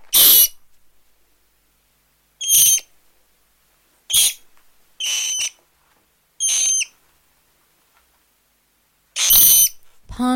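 Rat squeaks, short high harmonic squeals in about seven bursts spaced a second or two apart, the last ones quavering, with silence between.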